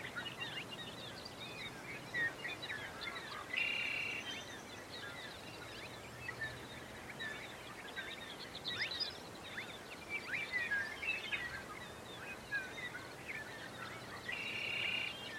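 Open grassland ambience with many birds calling throughout, a busy layer of short, bright chirps and trills. Two brief, steady whistled buzzes stand out, near four seconds and again near fourteen, over a faint low rumble.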